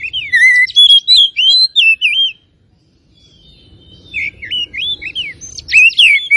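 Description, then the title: Oriental magpie-robin song of loud swooping whistles in a two-second phrase; a pause follows, then more varied whistles and chirps. Tretes; singing gacor (vigorously and continuously). "Kacer Tretes"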